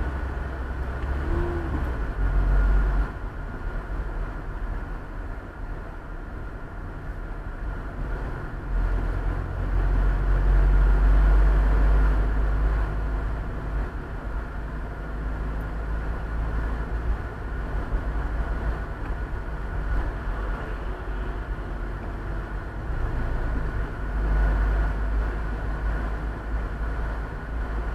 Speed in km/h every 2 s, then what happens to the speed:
35, 37, 36, 35, 34, 39, 39, 39, 43, 43, 39, 38, 41, 42.
0-8 steady at about 35. 8-16 speeds up to 43. 16-28 steady at about 41.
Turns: none.